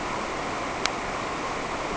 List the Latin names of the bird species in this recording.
none